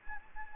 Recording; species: mosquito wingbeat signal from an infrared sensor; Anopheles gambiae